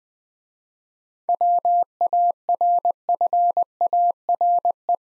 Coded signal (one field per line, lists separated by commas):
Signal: Morse code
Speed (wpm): 20 wpm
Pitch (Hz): 700 Hz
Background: none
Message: WARFARE